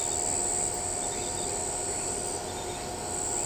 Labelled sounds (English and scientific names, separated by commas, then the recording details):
none
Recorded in shrubland near Pivijay, Magdalena, Colombia, on 16 April 2023 at 22:00
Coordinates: 10.453, -74.365
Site P5-G022